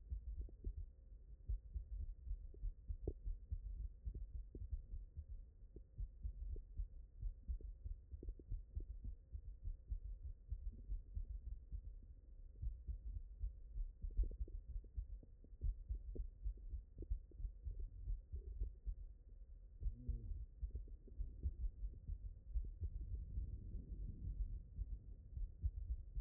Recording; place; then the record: heart sounds by stethoscope; mitral valve (MV)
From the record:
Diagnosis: HFrEF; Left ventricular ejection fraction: 35%